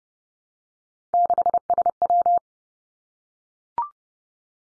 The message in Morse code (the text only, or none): 6SW